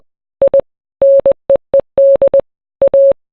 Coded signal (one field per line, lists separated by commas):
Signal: Morse code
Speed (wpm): 20 wpm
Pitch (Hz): 550 Hz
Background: none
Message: I NEED A